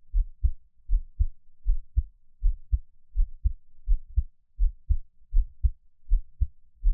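A gentle, calm adult heartbeat at about 80 beats per minute, with soft, low-pitched paired beats and no other sounds.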